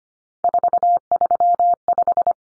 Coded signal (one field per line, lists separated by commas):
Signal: Morse code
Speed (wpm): 25 wpm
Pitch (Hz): 700 Hz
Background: none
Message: 435